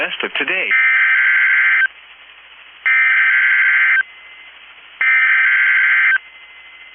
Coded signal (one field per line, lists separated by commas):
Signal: Emergency Alert System (SAME) tones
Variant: header bursts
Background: speech